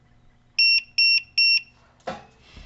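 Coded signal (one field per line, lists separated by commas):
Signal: none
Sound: QR scanner read beep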